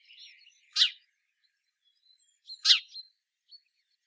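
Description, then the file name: House sparrow producing two sharp chirps nearly two seconds apart, with faint twittering before the first and soft notes after the second. "Passer domesticus"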